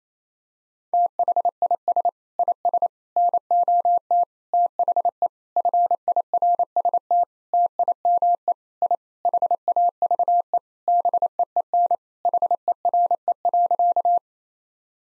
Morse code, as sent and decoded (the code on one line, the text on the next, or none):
- .... .. ... / .. ... / -. --- - / - .... . / ..-. .. .-. ... - / - .. -- . / .. / .... .- ...- . / -... . . -. / .... . .-. . .-.-.-
THIS IS NOT THE FIRST TIME I HAVE BEEN HERE.